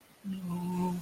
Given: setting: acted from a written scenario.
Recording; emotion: vocal sound without words; distress